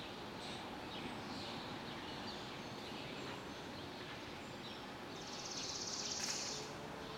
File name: freesound Early Summer Evening Kids Playing Chipping Sparrows